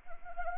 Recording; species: mosquito wingbeat signal from an infrared sensor; Anopheles arabiensis